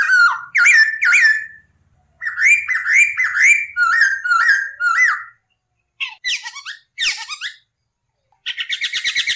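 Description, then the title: Masked laughingthrush singing loud slurred whistles in quick runs, followed by harsher squawky notes and a rapid trilled burst at the end. Masteran training recording for cage birds, bird singing actively (gacor). "SUARA BURUNG POKSAY HONGKONG GACOR"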